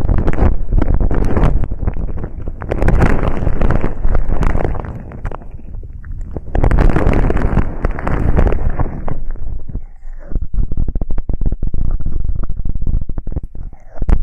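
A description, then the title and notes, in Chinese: Ear cleaning without any voice: dense, muffled scraping and rubbing sounds that swell and fade in waves, with a softer stretch around five to six seconds. After about ten seconds the rubbing thins into sparser scratchy clicks and taps. 掏耳无人声助眠。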